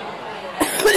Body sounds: coughing mixed with background sound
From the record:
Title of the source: 30 Chesty and wet cough

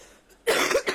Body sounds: coughing mixed with background sound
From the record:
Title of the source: 34 coughing up crap again

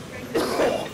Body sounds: coughing mixed with background sound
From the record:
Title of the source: Coughing 77

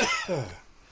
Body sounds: coughing mixed with background sound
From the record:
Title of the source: Dry Afternoon Cough

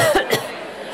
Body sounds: coughing mixed with background sound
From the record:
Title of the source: Coughing Woman Sound - Woman Cough Sound Effect

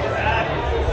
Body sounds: background sound without coughing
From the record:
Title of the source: CITY SOUNDS Busy Bar in the Evening Night - 2 HOURS of Ambiance for Relaxation

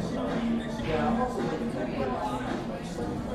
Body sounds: background sound without coughing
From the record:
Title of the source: 60 minutes of coffee shop sounds for study and concentration

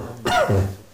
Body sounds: coughing mixed with background sound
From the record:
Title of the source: Mid-morning Winter Coughing Fit

